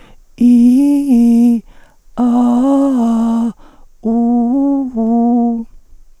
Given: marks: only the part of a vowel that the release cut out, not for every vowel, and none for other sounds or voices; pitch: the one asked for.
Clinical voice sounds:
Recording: sustained vowels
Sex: female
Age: 40 to 49 years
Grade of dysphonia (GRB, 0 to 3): 3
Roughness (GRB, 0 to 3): 2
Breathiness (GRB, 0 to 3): 3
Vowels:
0.43-1.53 s: vowel /i/, low-high-low pitch
2.22-3.44 s: vowel /a/, low-high-low pitch
4.15-5.53 s: vowel /u/, low-high-low pitch
From the record:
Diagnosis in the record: psychogenic dysphonia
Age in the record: 49 years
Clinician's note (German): Mit hyperfunktioneller Komponente

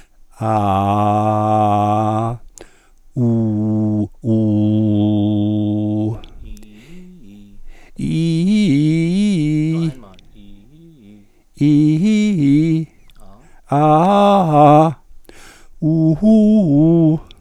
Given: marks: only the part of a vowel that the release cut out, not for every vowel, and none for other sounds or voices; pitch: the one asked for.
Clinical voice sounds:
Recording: sustained vowels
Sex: male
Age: 60 to 69 years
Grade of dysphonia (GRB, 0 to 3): 0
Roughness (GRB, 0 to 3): 0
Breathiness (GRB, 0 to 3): 0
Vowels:
0.67-2.14 s: vowel /a/, low pitch
4.58-5.93 s: vowel /u/, low pitch
8.76-9.62 s: vowel /i/, low-high-low pitch
13.77-14.67 s: vowel /a/, low-high-low pitch
15.93-17.02 s: vowel /u/, low-high-low pitch
From the record:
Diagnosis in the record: functional dysphonia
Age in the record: 62 years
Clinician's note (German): Ponogene funktionelle Dysphonie, gut austherapierte kompensierte Dysphonie

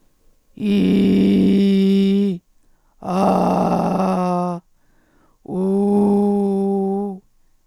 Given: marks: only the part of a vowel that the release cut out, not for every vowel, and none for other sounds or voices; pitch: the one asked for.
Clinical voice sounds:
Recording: sustained vowels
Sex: female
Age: 50 to 59 years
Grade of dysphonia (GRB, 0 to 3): 2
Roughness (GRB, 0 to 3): 2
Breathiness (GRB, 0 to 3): 2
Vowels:
0.73-2.24 s: vowel /i/, low pitch
3.16-4.49 s: vowel /a/, low pitch
5.61-7.05 s: vowel /u/, low pitch
From the record:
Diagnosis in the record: recurrent laryngeal nerve paralysis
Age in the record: 56 years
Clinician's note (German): Kompensiert in Intermediärstellung, z.T. hyperfunkt. supraglott. Eineingung

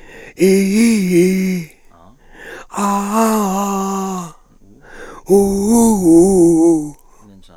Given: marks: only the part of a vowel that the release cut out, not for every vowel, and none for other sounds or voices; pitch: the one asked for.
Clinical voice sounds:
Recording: sustained vowels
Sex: male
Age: 60 to 69 years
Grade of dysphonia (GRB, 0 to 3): 3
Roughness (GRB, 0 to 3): 2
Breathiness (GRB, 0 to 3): 3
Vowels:
0.50-1.52 s: vowel /i/, low-high-low pitch
2.82-4.02 s: vowel /a/, low-high-low pitch
6.11-6.73 s: vowel /u/, low-high-low pitch
From the record:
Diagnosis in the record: cordectomy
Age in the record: 67 years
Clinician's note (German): Zustand danach, mit noch unvollständiger Kompensation; logopädische Therapie eingeleitet

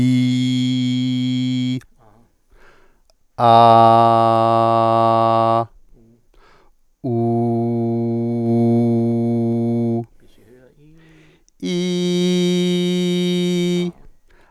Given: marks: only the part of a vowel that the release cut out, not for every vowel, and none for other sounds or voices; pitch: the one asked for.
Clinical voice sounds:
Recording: sustained vowels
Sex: male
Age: 40 to 49 years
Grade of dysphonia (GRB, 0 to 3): 0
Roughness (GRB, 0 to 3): 0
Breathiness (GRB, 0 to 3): 0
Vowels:
0.00-1.66 s: vowel /i/, normal pitch
3.77-5.54 s: vowel /a/, normal pitch
7.20-9.88 s: vowel /u/, normal pitch
11.78-13.76 s: vowel /i/, high pitch
From the record:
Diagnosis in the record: healthy voice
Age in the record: 49 years

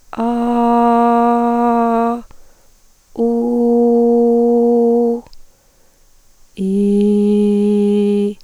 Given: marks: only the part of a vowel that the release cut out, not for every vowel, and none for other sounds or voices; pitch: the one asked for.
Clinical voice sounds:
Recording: sustained vowels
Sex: female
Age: 30 to 39 years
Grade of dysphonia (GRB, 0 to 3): 2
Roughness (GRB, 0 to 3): 1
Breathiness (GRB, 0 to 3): 2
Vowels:
0.25-2.03 s: vowel /a/, high pitch
3.25-4.97 s: vowel /u/, high pitch
6.95-8.14 s: vowel /i/, low pitch
From the record:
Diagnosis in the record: hyperfunctional dysphonia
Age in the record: 34 years

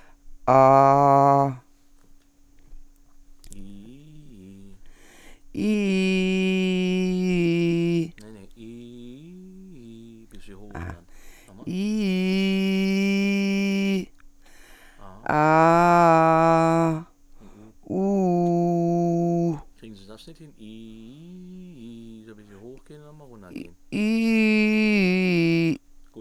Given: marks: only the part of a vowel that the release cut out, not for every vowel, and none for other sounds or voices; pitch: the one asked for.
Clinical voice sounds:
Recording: sustained vowels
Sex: female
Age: 50 to 59 years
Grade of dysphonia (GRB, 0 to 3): 1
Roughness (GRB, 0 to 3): 0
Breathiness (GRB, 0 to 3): 0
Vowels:
0.82-1.38 s: vowel /a/, low pitch
15.42-16.86 s: vowel /a/, low-high-low pitch
17.99-19.45 s: vowel /u/, low-high-low pitch
24.00-25.67 s: vowel /i/, low-high-low pitch
From the record:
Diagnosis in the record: healthy voice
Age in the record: 55 years

